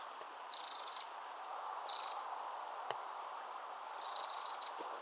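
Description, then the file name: Eurasian wren giving three short, harsh, buzzy rattling bursts over a steady background hiss. "Troglodytes troglodytes"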